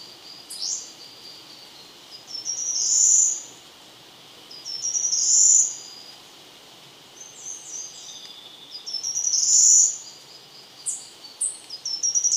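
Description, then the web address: Choco Warbler singing high, thin phrases, a short note followed by longer sweeping bursts every few seconds, with a faint hiss behind. Recorded in Ecuador. "Birds of Ecuador. Choco Warbler"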